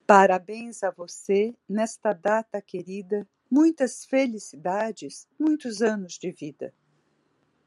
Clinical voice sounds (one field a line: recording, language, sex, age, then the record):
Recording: short text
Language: Brazilian Portuguese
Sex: female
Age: 60 to 69 years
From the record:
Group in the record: control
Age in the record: 65 years